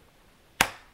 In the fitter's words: you could really hear and feel the snap right there.